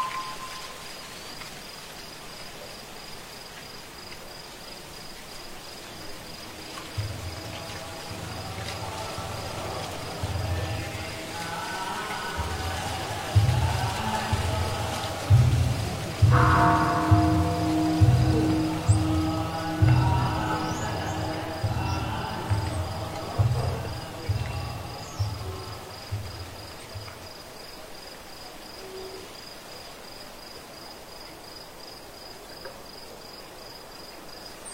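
Night insects keep up a thin, steady high chirring throughout. From about seven seconds, a wooden fish knocks at a steady, even pace for some twenty seconds while voices chant in the middle range, swelling with a ringing stroke near sixteen seconds before fading out.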